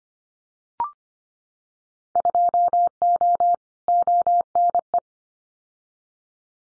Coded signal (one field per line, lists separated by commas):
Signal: Morse code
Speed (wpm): 25 wpm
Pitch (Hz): 700 Hz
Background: none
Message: 2O ONE